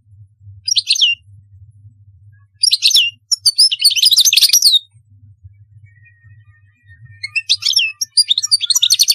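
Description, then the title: European goldfinch song: short bursts of bright twittering and buzzy trills broken by pauses, with a soft low hum throughout. "Chant Chardonneret"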